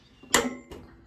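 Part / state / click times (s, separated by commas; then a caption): torque wrench on bumper mounting bolt of a pickup truck frame / torque reached / 0.3 s. A torque wrench is pulled on a bumper mounting bolt of a pickup truck frame, with a second wrench holding the other end of the bolt because it was spinning. The wrench gives a sharp, bright metallic click at 0.3 s, followed by a fainter knock around 0.7 s. The click shows the wrench reached its set torque.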